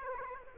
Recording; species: mosquito wingbeat signal from an infrared sensor; Aedes aegypti